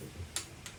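A click-type torque wrench tightens the last bolt of the first torque step on the engine block of a D16A6 non-VTEC engine rebuild. A sharp, bright click at 0.4 s shows the wrench has reached its set torque, followed by a fainter tick at 0.7 s over a low background hum.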